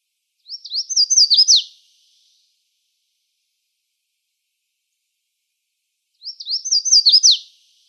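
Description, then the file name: Red-faced warbler singing a high, rapid warbled phrase of rising and falling notes that ends with emphatic downslurred notes, repeated after a pause of roughly four and a half seconds. Recorded in Arizona on 2 May 2004. "RFWA 4 deviche"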